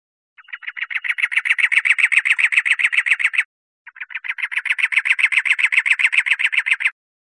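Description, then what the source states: Wren giving two quick, rasping rattles back to back, each made of steady repeated dry notes that grow louder before cutting off. In Costa Rica.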